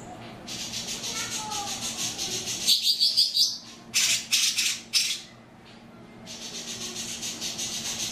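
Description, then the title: Oriental magpie-robin singing a long, fast chattering series of high notes, broken by several short loud bursts, then resuming the rapid chatter. "Kicau Kacer"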